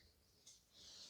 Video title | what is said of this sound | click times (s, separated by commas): 2005 Toyota Corolla 1.8 - Intake Actuator Solenoid & Filter Replacement | you hear an audible click we're going to reinstall the the 10 mm nut | 0.5 s